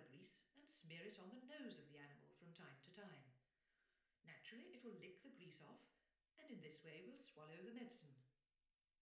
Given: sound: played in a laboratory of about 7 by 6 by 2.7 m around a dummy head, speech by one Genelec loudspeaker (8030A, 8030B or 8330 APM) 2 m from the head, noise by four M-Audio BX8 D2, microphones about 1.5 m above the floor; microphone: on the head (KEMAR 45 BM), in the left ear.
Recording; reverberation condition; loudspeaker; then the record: female speech in English; medium; in front (0 degrees)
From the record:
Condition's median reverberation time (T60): about 510 ms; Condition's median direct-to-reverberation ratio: about -0.5 dB